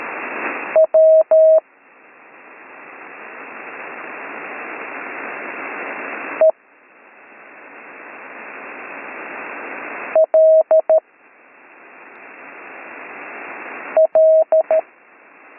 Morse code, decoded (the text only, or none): WELL